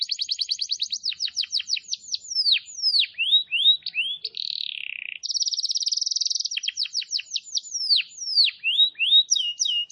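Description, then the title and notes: Canary song with quick descending whistled slurs, a nasal buzzy note, then a steady fast rattling trill and more sweeping notes; nothing else heard. Long, persistent canary song used as a lure and tutor recording for wild canaries. "Pikat Kenari GACOR PANJANG INI Cocok Untuk Masteran KENARI LIAR. Masteran burung kenari gacor parah"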